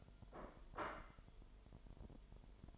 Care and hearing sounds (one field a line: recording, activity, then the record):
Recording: daily activity, microphone in the room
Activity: place plate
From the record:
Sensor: 5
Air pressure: 1002.1 hPa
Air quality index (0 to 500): 223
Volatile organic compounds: 27 ppm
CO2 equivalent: 2898 ppm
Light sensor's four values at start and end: 10/25/10/11 and 10/25/10/11